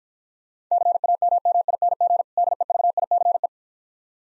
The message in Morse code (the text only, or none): CAMMING DEVICE